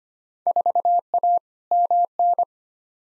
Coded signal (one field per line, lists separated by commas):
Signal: Morse code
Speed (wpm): 25 wpm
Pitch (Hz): 700 Hz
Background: none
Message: 4A MN